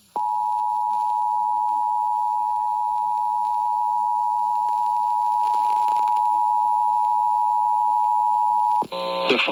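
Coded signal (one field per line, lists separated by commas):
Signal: Emergency Alert System (SAME) tones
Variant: 853 and 960 Hz attention tone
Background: speech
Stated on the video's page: EAS tones for a Flash Flood Warning.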